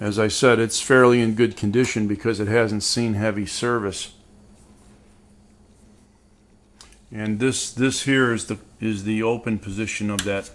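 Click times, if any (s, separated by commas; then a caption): 6.8 s, 6.9 s. Someone talks about a KitchenAid Imperial 21 dishwasher, model KUD121DS2, in good condition because it hasn't seen heavy service. After a quiet pause, the dishwasher's lever is moved into its open position and snaps into place with sharp clicks at 6.8 and 6.9 seconds. Then the talking resumes.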